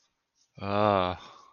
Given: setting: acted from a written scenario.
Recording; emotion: vocal sound without words; contempt